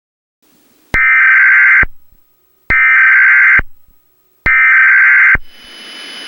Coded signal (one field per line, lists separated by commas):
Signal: Emergency Alert System (SAME) tones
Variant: header bursts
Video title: Climate Change: An EAS Scenario (Part One)